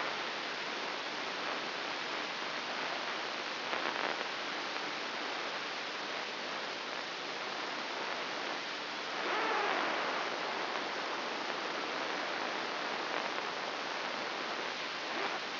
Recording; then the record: brain microelectrode recording played as sound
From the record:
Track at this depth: inside the subthalamic nucleus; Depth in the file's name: 3.402 mm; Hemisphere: right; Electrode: 3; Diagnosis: Parkinson's disease